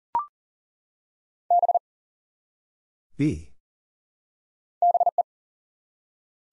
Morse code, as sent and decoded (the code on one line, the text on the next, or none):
-... / -... .
B BE